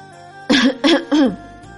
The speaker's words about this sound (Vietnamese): Bạch Ngọc Đường ho khan một tiếng.